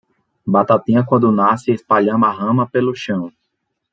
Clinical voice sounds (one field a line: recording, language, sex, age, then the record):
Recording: short text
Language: Brazilian Portuguese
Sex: male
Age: 30 to 39 years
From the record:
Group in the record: control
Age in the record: 35 years